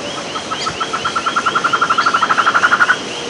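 A bird gives a rapid, accelerating string of clipped, evenly pitched notes rising in volume, with fainter higher chirps above and a constant noisy background.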